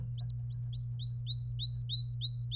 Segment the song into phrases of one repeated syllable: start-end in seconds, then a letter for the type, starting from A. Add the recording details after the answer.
0.18-2.55 A. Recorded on 26 April 2018 at 15:17. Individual llb3